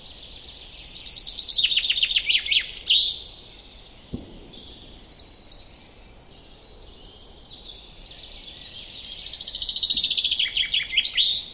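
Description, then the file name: Common chaffinch singing twice: each song a fast, descending series of sharp repeated notes closing with an emphatic flourish, with a quiet pause of several seconds between them. "Fringilla coelebs"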